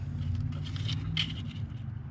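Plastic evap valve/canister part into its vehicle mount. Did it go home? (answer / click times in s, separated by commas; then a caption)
no / none. A plastic EVAP valve/canister part on a Chevy Tahoe being repaired for a P0449 code is handled and pressed toward its mount. Soft plastic scraping and rustling sit over a steady low hum, with brief taps near 0.8, 1.2 and 1.5 seconds. Nothing has seated or clicked yet.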